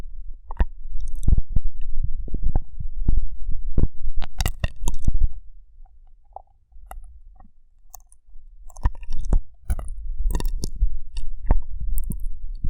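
Rough, wet squelching and crackling as a brain is cleaned and picked, dense bursts with sharp clicks, pausing near six seconds, then resuming.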